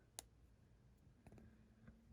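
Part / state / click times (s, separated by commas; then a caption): visor piece into action figure faceplate / seated / 0.2 s. A plastic digital aiming visor is pressed into the faceplate of a plastic S.H. Figuarts Taskmaster action figure (Black Widow movie version), popping in easily. A sharp, bright click lands at 0.2 s as the visor seats, followed by a few fainter ticks around 1.3 s, 1.4 s and 1.9 s. The visor is seated in the faceplate.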